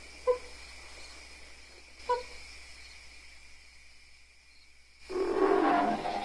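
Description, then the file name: Ape calls: two short sharp yelps, a few seconds of quiet, then a sudden loud, rough scream that carries to the end. Apes screaming and growling angrily in a long sequence. "APES LONG ANGRY SCREAMING AND GROWLING"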